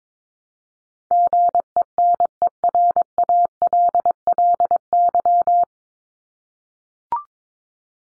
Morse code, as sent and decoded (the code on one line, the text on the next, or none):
--. . -. . .-. .- .-.. .-.. -.--
GENERALLY